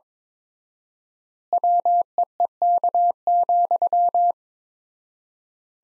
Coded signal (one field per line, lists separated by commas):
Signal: Morse code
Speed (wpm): 22 wpm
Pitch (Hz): 700 Hz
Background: none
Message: WEEK,